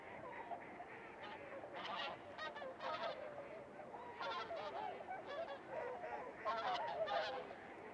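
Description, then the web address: Goose: geese giving loud, harsh honks in rapid irregular bursts over a constant background chorus of many other geese. 16 January 2015. "Podcast goose 20150116"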